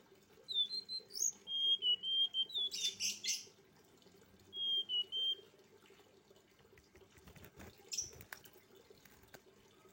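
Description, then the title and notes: Streaked spiderhunter song: short runs of evenly spaced whistled notes with a buzzy burst between, then quiet with a few clicks and a faint hum. Training (masteran) recording for cage birds; bird described as singing actively (gacor), clear and long. "Pijantung Gunung Gacor Jernih Panjang. Masteran burung"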